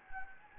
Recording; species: mosquito wingbeat signal from an infrared sensor; Anopheles gambiae